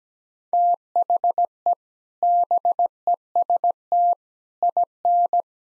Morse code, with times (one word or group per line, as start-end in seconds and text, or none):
0.5-1.7 THE
2.2-4.1 BEST
4.6-5.4 IN